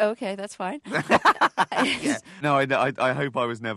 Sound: laughter